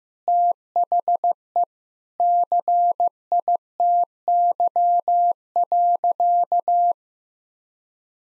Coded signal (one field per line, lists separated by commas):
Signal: Morse code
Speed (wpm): 15 wpm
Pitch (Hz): 700 Hz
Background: none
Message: THE CITY.